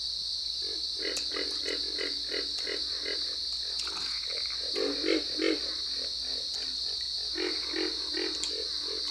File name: dan-gibsons-solitudes pig-frog